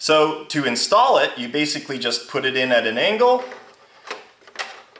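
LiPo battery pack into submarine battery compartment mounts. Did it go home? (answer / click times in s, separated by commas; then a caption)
yes / 4.1 s, 4.5 s, 5.0 s. A lithium polymer (LiPo) battery pack with 3D-printed magnetic mounts is tilted in at an angle and dropped into its compartment in an RC submarine hull while someone talks. Sharp snaps come at 4.1, 4.5 and 5.0 seconds as the pack lines up and snaps down onto the magnetic mounts, locking into place.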